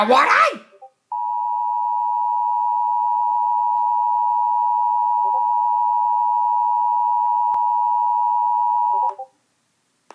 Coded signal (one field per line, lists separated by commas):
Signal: Emergency Alert System (SAME) tones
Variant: 853 and 960 Hz attention tone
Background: speech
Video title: EAS 604 SVR NWS Northern Indiana